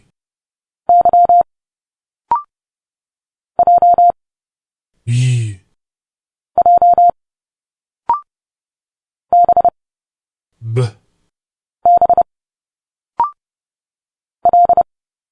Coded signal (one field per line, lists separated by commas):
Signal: Morse code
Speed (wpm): 30 wpm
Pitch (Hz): 700 Hz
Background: speech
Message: Y J J B B L